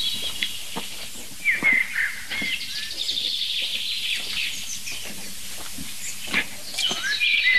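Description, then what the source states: Bunting singing a short phrase with other birds chirping around it, over a steady hiss of background noise. Strong song dialects like the chaffinch; song somewhat tinny and a little sad; the bird keeps repeating the same strophe; recordist approaching the singer; hard to pick out from the melodious chorus around it.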